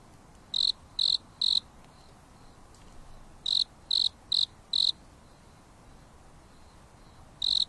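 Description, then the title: Insect chirping: three high pulses, a pause, then four more and a final chirp, over a faint steady hiss. Insects singing leisurely at night on a mountain top under a starry sky, with a gentle breeze. "There is a gentle breeze blowing on the top of the mountain under the starry sky, and the insects are singing leisurely."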